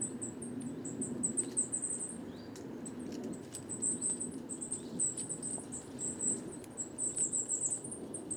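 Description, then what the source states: Coal tit flock calling, a near-continuous stream of thin, very high notes from many birds, with handling clicks and a rumbling low background. Flock of over 50 Coal tits, 29 September 2019, evening, Les Casses, Drôme; recorded in mono with a Wildtronic parabolic dish, which caused heavy handling noise.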